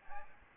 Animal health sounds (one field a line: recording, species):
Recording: mosquito wingbeat signal from an infrared sensor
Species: Aedes albopictus